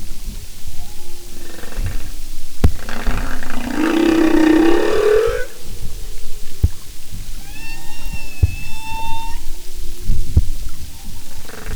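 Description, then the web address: Humpback whale song: a rough rising roar-like moan, then a series of thin, level, whistled tones with overtones, and scattered sharp clicks. "Marine Mammals humpback"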